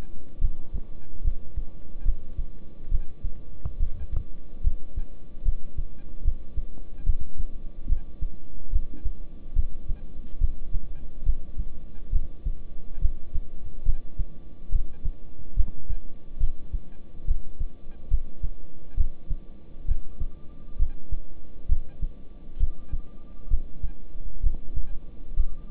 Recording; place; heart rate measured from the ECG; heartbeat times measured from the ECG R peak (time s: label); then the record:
heart sounds by stethoscope; between the tricuspid and mitral areas; 70 bpm
0.41 s: heartbeat
1.24 s: heartbeat
2.05 s: heartbeat
2.92 s: heartbeat
3.80 s: heartbeat
4.64 s: heartbeat
5.45 s: heartbeat
6.25 s: heartbeat
7.06 s: heartbeat
7.89 s: heartbeat
8.73 s: heartbeat
9.56 s: heartbeat
10.41 s: heartbeat
11.26 s: heartbeat
12.13 s: heartbeat
13.02 s: heartbeat
13.86 s: heartbeat
14.72 s: heartbeat
15.57 s: heartbeat
16.41 s: heartbeat
17.28 s: heartbeat
18.11 s: heartbeat
18.97 s: heartbeat
19.88 s: heartbeat
20.79 s: heartbeat
21.69 s: heartbeat
22.60 s: heartbeat
23.51 s: heartbeat
24.43 s: heartbeat
25.37 s: heartbeat
From the record:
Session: rest, lying down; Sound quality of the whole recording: good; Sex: male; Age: 26 years